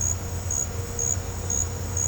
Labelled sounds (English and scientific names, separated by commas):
none